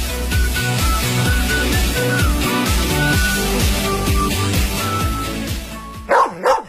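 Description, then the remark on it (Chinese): Upbeat music with a steady beat plays, then cuts off as a dog, called Erlang Shen's Xiaotian Dog, lets out two sharp, loud barks in quick succession. “二郎神哮天犬怎么又忘了？”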